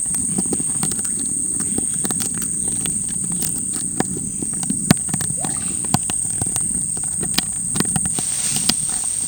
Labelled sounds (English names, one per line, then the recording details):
none
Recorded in dense forest near Puerto Asís, Putumayo, Colombia, on 15 December 2024 at 13:30
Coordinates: 0.499, -76.324
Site G045